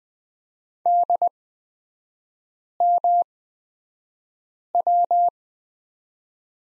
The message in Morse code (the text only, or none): DMW